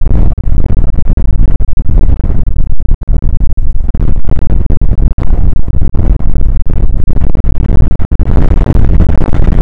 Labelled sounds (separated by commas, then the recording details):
wind
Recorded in the Prudhoe Bay oil fields, Alaska, on 29 May 2019 at 00:01
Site 25